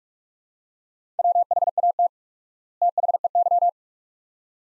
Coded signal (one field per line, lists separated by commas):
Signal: Morse code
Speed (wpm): 47 wpm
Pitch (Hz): 700 Hz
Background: none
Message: WHAT THEY